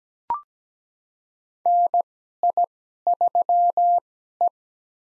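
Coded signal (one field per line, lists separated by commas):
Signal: Morse code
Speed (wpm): 17 wpm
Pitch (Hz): 700 Hz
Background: none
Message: NI3E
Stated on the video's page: Call sign head-copy practice of US four-character call signs at 17 wpm with Farnsworth timing using 2x character spacing; each call is sent in Morse, then spoken.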